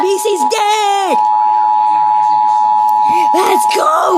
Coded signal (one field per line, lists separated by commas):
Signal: Emergency Alert System (SAME) tones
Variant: 853 and 960 Hz attention tone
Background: speech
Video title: ￼kayden ￼ react to EAS Scenario￼ scp 9143 Also known￼￼ clayranger143